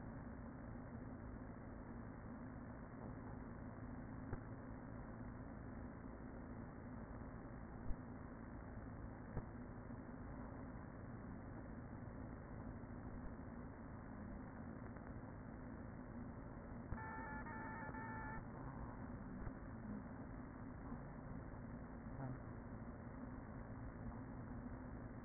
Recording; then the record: honeybee colony, microphone inside the hive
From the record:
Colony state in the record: queen present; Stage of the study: after two queens were removed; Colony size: about 40,000 bees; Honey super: no